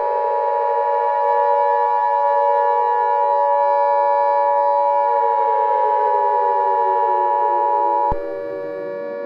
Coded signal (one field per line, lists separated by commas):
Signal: Emergency Alert System (SAME) tones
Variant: 853 and 960 Hz attention tone